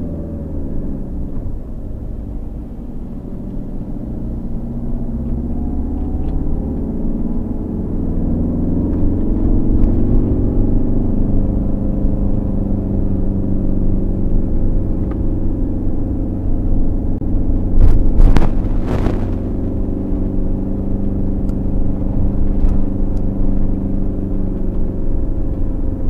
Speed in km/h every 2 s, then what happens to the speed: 16, 18, 22, 27, 31, 33, 33, 33, 31, 33, 33, 33, 33.
0-9 speeds up to 33. 9-26 steady at about 33.